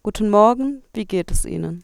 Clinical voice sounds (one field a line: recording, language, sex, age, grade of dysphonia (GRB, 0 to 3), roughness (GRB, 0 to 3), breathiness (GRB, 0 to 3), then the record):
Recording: spoken sentence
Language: German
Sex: female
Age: 20 to 29 years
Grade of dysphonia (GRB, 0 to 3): 0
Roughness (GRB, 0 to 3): 0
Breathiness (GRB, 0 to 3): 0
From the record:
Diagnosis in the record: healthy voice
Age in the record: 25 years